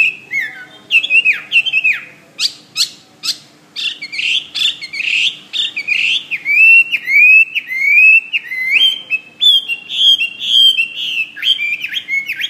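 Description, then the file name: Hwamei song, a loud varied run of rich whistled phrases and slurred notes, many repeated in quick series, with a few harsh buzzy notes mixed in; faint steady hum underneath. "omkicau hwamey"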